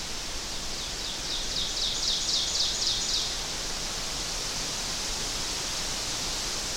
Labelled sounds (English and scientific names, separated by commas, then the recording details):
Ovenbird (Seiurus aurocapilla) song
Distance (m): 35 m
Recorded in boreal forest in Alberta, Canada, on 12 June 2016 at 06:56
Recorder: SongMeter 3, array SBT-3-18
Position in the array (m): 246 m, 95 m
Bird 31